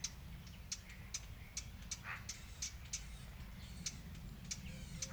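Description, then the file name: Eurasian blackcap calling with sharp clicking tacks at irregular intervals, over a low background rumble. "Sylvia atricapilla"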